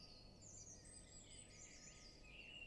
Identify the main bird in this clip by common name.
Common Blackbird